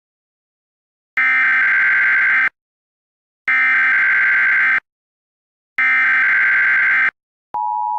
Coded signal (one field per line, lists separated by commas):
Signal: Emergency Alert System (SAME) tones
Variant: header bursts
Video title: EAS Scenario #8: Mini Scenario - 2nd 9/11 (9/11/26)